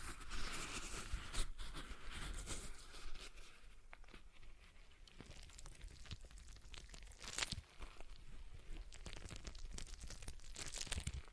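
A stress ball being squeezed and worked in the hand, giving a continuous crinkly, rustling texture with soft crunches. The sound is dense and busy throughout, louder in the first few seconds, easing in the middle, with sharp crackling bursts near 1.5, 2.5 and 7.5 seconds.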